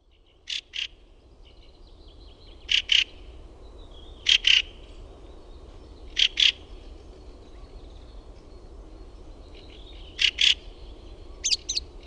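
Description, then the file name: Fieldfare calling in harsh, dry chack notes in pairs, repeated every two seconds or so with one longer gap. "RAKATTIRASTAS"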